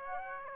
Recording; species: mosquito wingbeat signal from an infrared sensor; Aedes aegypti